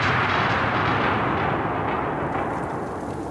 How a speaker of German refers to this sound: Unser Glück war vielleicht, dass so ein richtiges Unwetter aufzog. Es wurde fast dunkel, es blitzte und donnerte und alle schrien rum und liefen durcheinander.